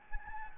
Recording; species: mosquito wingbeat signal from an infrared sensor; Anopheles gambiae